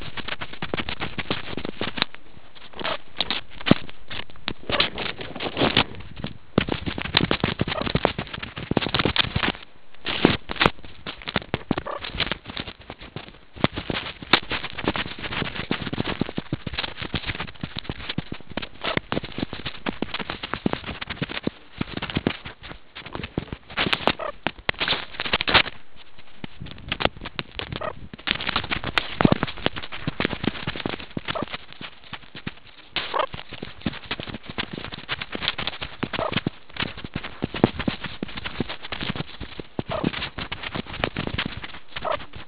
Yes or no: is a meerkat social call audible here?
no